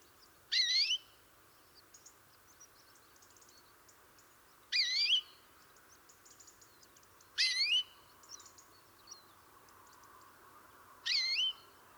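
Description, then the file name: European greenfinch giving four wheezy calls at uneven intervals of about two and a half to four seconds, with faint high twitters in between. "Chloris chloris"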